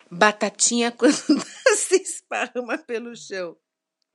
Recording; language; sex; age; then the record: short text; Brazilian Portuguese; female; 50 to 59 years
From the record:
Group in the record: control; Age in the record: 56 years